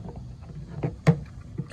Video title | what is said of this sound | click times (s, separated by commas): Shop Vac review - RIDGID HD1600 Wet:Dry Vac Unboxing & Review | they just snap right on there | 1.1 s, 1.7 s